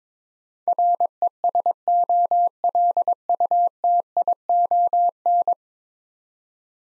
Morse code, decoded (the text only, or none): RESOLUTION